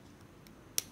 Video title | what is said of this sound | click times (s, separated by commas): Soul of Chogokin GX-76 Grendizer D.C. Review | clicks pen in place pretty nicely | 0.8 s